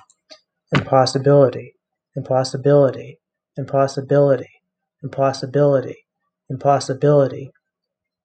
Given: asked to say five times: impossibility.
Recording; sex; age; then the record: repeated word; male; 30 to 39 years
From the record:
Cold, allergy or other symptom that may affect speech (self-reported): no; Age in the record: 35 years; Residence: Massachusetts, United States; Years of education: 19